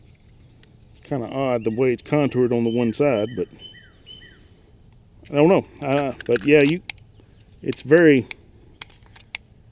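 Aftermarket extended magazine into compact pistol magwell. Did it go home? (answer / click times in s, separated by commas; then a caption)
yes / 9.3 s. Someone talks while a Shield Arms S15 aftermarket extended magazine is inserted again into the magwell of a Glock 43X compact pistol. A few small taps are heard, then the magazine seats with a quiet, weak click at 9.4 s.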